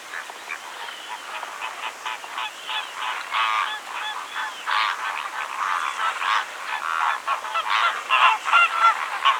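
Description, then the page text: Greater flamingo calls, rapid goose-like honks and gabbling from many birds, growing louder and denser towards the end. "Greater Flamingo Calls. Quick Sounds"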